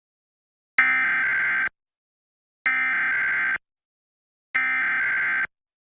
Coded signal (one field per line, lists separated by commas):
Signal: Emergency Alert System (SAME) tones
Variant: header bursts